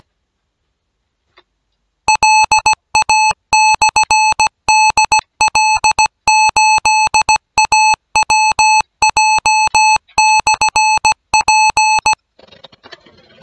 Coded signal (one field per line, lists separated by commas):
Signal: Morse code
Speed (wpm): 17 wpm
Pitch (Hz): 860 Hz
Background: music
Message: LA/DL8AWJ/P